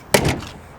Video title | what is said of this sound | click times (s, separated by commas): Just Sell Your Kidney (2025 GMC Sierra 3500 Denali) | so locks into place nicely just like that | 0.1 s